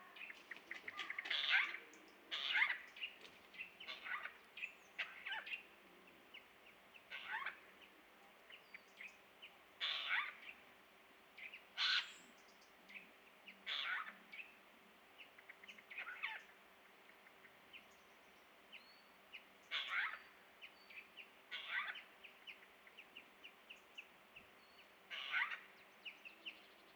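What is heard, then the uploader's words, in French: Eurasian jays call repeatedly with harsh, raspy screeches every second or two, some loud, others fainter, over a faint steady hum. Invasion de geais. Octobre 2019. Depuis deux mois une population de Geai des chênes (Garrulus glandarius) du nord de l'Europe arrive dans tout le pays.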